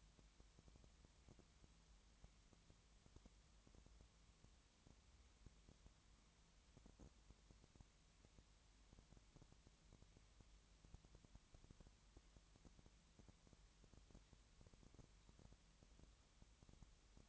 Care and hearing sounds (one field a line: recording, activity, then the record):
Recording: daily activity, microphone in the room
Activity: no activity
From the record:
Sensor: 3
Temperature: 20.6 degrees Celsius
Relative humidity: 34.7%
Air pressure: 1007.2 hPa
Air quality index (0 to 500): 136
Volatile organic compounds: 3 ppm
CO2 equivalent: 1519 ppm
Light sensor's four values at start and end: 2/3/2/2 and 2/3/2/2